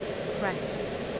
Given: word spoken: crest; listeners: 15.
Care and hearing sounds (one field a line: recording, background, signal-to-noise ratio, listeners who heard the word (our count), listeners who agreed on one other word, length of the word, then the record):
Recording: one English word in noise, from a listening test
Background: speech-shaped noise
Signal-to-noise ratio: -4.9 dB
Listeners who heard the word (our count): 2 of 15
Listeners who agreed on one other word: 8 of 15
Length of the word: 0.80 s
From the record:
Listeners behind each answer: 8, 2, 2, 1, 1, 1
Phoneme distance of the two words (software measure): 17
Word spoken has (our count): 1 syllable, 5 phonemes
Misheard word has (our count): 1 syllable, 4 phonemes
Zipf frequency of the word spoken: 3.49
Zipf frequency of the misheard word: 4.89